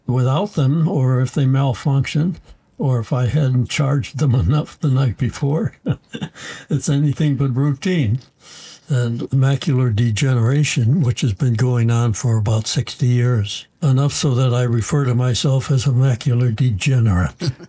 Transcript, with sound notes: Without them, or if they malfunction, or if I hadn’t charged them enough the night before, (chuckles) it’s anything but routine. And macular degeneration, which has been going on for about 60 years, enough so that I refer to myself as a macular degenerate.